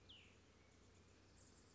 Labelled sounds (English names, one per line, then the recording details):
Cassin's Vireo
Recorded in Sonoma County, California